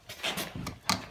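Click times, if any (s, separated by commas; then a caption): 0.7 s, 0.9 s. The outside flap of the stove exhaust vent on the exterior wall of a 2022 Forest River Clipper 182DBU travel trailer is pressed back into place for travel, to keep dust from kicking up inside. After some soft rustling and handling noise, two short sharp clicks land at 0.7 s and 0.9 s, the second much louder, as the flap seats shut.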